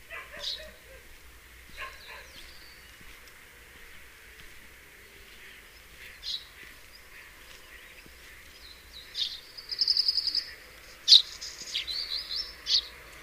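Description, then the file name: House sparrow calls: isolated chirps spaced a few seconds apart, then a rapid rattling run of high notes and several more sharp chirps toward the end. "Passer domesticus"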